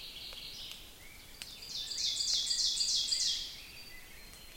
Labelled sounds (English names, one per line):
Ovenbird song